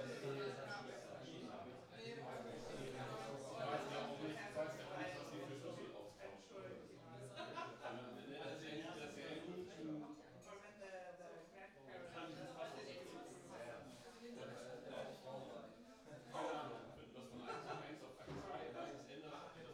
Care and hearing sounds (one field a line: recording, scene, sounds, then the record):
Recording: everyday scene through a hearing-aid microphone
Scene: many people talking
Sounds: many voices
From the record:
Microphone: in the ear canal, right